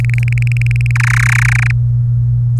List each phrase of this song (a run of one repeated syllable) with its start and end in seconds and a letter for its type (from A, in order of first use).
0.00-0.91 A, 0.95-1.71 B